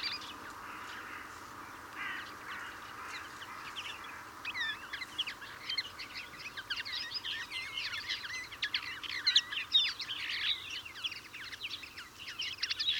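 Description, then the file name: European greenfinch twittering builds from a hushed start into a steady stream of quick chirps and trills over a soft background hiss. "Chloris chloris"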